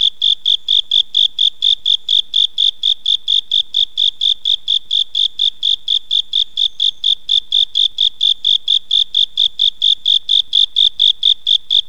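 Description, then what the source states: Japanese burrowing cricket song: steady, high, ringing chirps repeated rapidly and very evenly throughout, with no other sounds. Sound recordist unknown.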